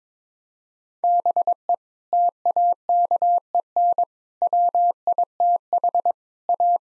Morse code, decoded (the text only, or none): BE TAKEN WITH A